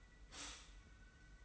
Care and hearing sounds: daily activity, microphone in the room; stop toaster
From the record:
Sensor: 1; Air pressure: 990.7 hPa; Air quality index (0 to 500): 144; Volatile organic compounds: 870 ppm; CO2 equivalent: 5186 ppm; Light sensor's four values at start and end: 25/60/25/27 and 25/60/25/27

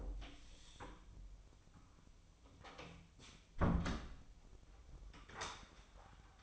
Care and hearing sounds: daily activity, microphone in the room; close door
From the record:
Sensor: 1

